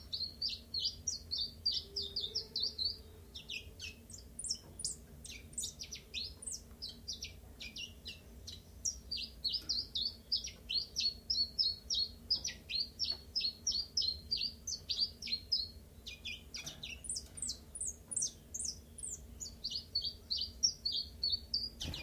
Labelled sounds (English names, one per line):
Common Chiffchaff